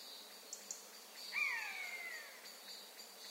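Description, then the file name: Eurasian jay, one descending mew, clear and slightly harmonic, falling over about a second, with a constant high insect drone and a couple of faint ticks. "Garrulus glandarius"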